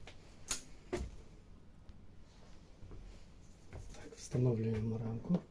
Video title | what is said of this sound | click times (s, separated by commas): Заміна 💡 підсвітки 📺ТВ Akai UA40LEP1T2S та ⚡ пониження 📈 току P75-2841V6.0 | дуже легко ви просто її ставите і за защолкуєте так | 0.5 s